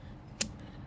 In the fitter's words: Hear that click? Done.